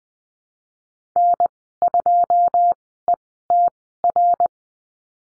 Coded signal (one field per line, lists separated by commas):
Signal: Morse code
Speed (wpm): 20 wpm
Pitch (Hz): 700 Hz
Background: none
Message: N2ETR